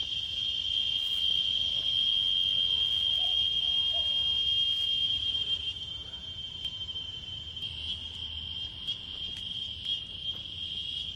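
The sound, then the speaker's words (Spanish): Cicadas buzz in a steady, shrill, high-pitched drone that holds without a break, easing slightly in loudness partway through, with a faint low rumble beneath and no voices. “Bueno, yo los dejo con chicharras.”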